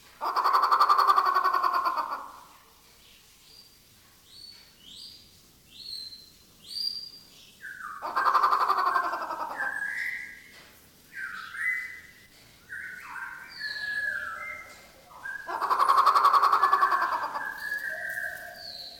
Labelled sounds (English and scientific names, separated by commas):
Grey Peacock-Pheasant (Polyplectron bicalcaratum)